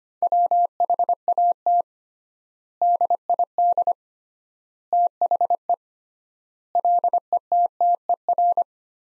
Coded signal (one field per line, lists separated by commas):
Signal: Morse code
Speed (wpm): 25 wpm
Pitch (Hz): 700 Hz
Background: none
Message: WHAT DID THE LETTER